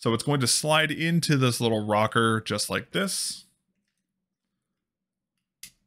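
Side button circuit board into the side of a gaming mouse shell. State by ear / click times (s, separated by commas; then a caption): seated / 5.6 s. Someone talks while the side-button circuit board of a Razer DeathAdder V3 (wired) gaming mouse is slid, wire down, into its small holder in the side of the plastic mouse shell. After a stretch of silence, a single sharp click sounds at 5.6 s as the board seats in place without being forced.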